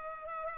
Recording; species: mosquito wingbeat signal from an infrared sensor; Culex pipiens